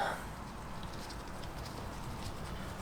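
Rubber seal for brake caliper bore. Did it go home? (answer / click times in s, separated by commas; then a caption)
no / none. A rubber seal for the bore of a Brembo brake caliper from an Evo 9 (Evo IX) is lubricated and handled before it is turned over and pushed into the caliper. Only faint, steady handling noise is heard at an even level throughout. Nothing has seated or clicked yet.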